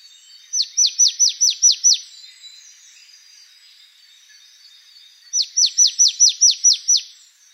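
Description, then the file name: Marsh tit giving two rapid runs of about seven sharp, descending chip notes, the runs roughly five seconds apart with quiet between. Recorded 28 November 2013. "Poecile palustris 131128"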